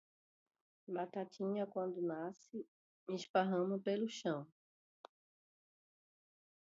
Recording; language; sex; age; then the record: short text; Brazilian Portuguese; female; 40 to 49 years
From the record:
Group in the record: control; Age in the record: 45 years